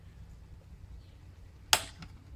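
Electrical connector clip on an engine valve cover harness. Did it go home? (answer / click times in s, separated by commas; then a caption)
released / 1.7 s. A flat screwdriver is gently wiggled under the locking clip of a plastic electrical connector on the valve cover harness of a BMW E60 engine. A single sharp click sounds at 1.7 s, followed by a much fainter tick at 2.0 s, over quiet low background noise. The latch releases open without anything breaking, and the connector comes off.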